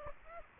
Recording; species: mosquito wingbeat signal from an infrared sensor; Aedes aegypti